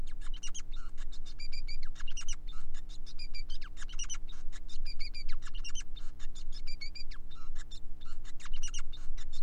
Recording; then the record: song of a male Bengalese finch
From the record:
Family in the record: son of father 5